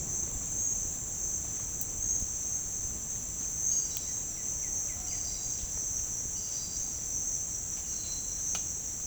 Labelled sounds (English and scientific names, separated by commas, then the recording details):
Chestnut-eared Aracari (Pteroglossus castanotis), White-winged Becard (Pachyramphus polychopterus)
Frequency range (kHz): Chestnut-eared Aracari (Pteroglossus castanotis) 2.3-4.6 kHz; White-winged Becard (Pachyramphus polychopterus) 1.4-3.6 kHz
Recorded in dense forest near Puerto Asís, Putumayo, Colombia, on 27 June 2025 at 11:00
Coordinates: 0.481, -76.323
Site G072